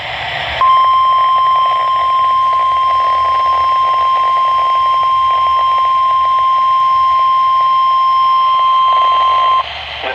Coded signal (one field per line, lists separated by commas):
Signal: Emergency Alert System (SAME) tones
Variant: 1050 Hz attention tone